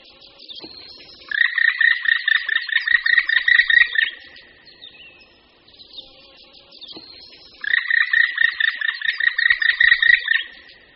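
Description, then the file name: Black woodpecker call series: two bursts of rapid, ringing notes, each about three seconds long, separated by a quiet gap. "Datel-černý"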